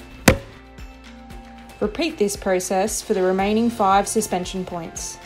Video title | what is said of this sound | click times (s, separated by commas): Pacific BR9 Headband removal, adjustment and replacement - Pac Fire & Pacific Helmets | hold the first suspension point and push up firmly until you hear it unclip from the dome piece | 0.3 s